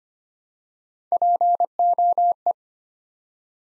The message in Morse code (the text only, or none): POE